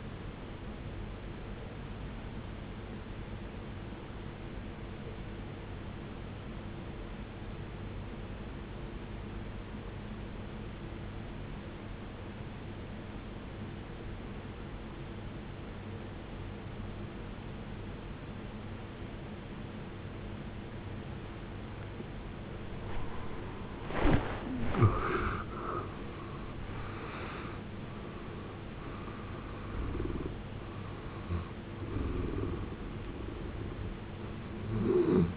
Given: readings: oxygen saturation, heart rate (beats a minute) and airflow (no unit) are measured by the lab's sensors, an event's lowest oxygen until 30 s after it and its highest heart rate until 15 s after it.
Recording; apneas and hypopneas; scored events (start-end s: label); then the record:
breathing in sleep by a voice recorder at the bedside; 1
5.00-23.40 s: obstructive apnea (N1, oxygen 94% highest, then 77% lowest, heart rate 66 at the start, 81 highest)
From the record:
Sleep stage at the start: N1 (lightest sleep); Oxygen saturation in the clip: 76 to 94%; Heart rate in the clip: 57 to 81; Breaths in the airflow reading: 4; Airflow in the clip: -18.1 to 14.4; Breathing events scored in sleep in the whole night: 389 in 6.3 hours asleep